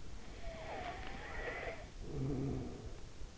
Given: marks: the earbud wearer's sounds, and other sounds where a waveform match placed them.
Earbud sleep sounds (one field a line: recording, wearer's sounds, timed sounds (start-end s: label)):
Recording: sounds in sleep by an in-ear microphone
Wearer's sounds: snoring breath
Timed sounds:
0.23-3.20 s: snoring breath